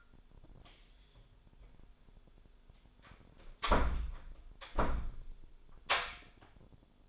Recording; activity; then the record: daily activity, microphone in the room; close door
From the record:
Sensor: 5